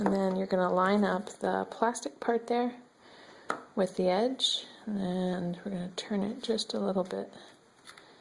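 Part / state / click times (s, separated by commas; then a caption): plastic pouch adapter into feeding bottle holder / not seated / none. Someone talks while the plastic part of a Kiinde Twist pouch adapter is lined up with the edge of a feeding bottle holder and turned slightly, with brief handling noises in between. Nothing has seated or clicked into place yet.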